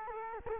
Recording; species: mosquito wingbeat signal from an infrared sensor; Culex quinquefasciatus